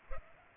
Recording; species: mosquito wingbeat signal from an infrared sensor; Culex pipiens